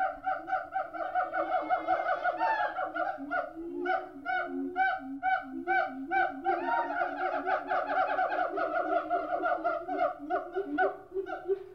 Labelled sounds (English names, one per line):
Siamang